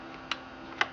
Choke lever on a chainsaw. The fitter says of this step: you can push that choke lever in and listen for that little click